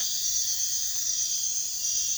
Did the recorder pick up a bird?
no